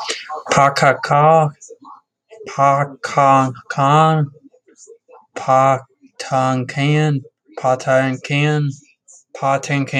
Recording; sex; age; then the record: repeated syllables /pa ta ka/; male; 30 to 39 years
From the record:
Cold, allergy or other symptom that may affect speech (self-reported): no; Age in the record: 36 years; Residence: Ohio, United States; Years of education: 12